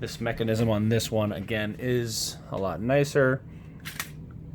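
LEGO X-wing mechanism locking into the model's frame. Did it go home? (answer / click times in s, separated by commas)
yes / 4.0 s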